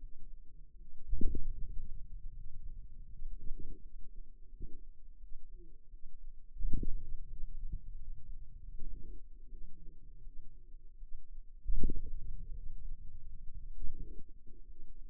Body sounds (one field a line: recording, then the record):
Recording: forearm muscle sounds (acoustic myography)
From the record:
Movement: ulnar deviation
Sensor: system 2, bracelet of six BSWA MPA416 microphones around the upper forearm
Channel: 3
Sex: female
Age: 23 years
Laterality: right